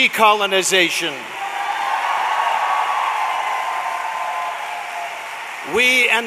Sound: rising applause